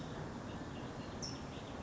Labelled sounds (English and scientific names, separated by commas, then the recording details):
California Towhee (Melozone crissalis)
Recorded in Sonoma County, California